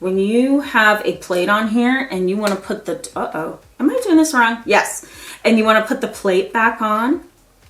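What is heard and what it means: A fragrance plate is being put back onto a handheld calming device, with its plastic cover to be pressed on. Someone talks throughout while handling it, and the cover has not clicked into place yet.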